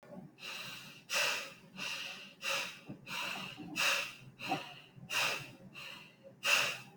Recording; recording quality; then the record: deep breathing; excellent, no background noise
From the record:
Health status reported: healthy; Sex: male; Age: 42 years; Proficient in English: yes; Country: India